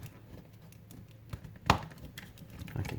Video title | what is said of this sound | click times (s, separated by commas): M² Mods: 13-18 Ram 8.4 bezel disassembly/board removal | hear it pop there we go | 1.7 s